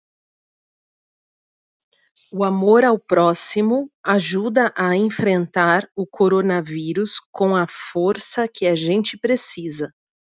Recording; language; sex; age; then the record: spoken sentence; Brazilian Portuguese; female; 30 to 39 years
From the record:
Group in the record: control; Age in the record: 38 years